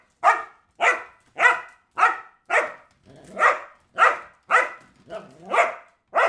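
Dog barking in a steady series, about eleven sharp barks spaced roughly half a second apart, with nothing else audible.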